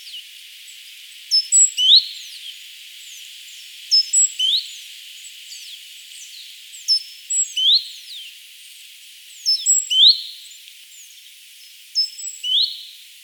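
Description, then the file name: Great tit giving a repeated phrase of sharp high notes ending in a rising whistle, roughly every two to three seconds, over thin calls of other birds. "Parus major"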